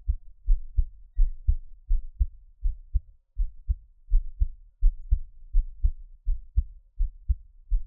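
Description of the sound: Steady, soft low heart thumps in paired beats, about 83 a minute, from an adult heart heard up close, with no talking.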